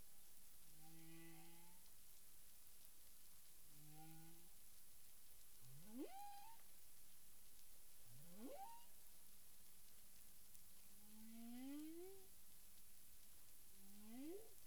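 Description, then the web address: Humpback whale sounds: low held moans at first, then a run of rising upsweeps a few seconds apart, with a steady background hiss. Recorded 9 April 2002 at 18:42:53 UTC. "CARIMAM. humpback whale"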